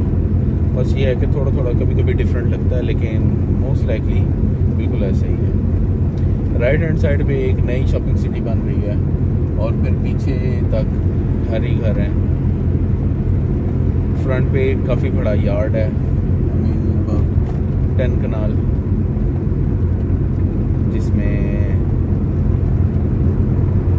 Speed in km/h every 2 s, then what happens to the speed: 28, 28, 29, 29, 29, 29, 29, 28, 28, 28, 28, 28.
0-24 steady at about 28.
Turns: none.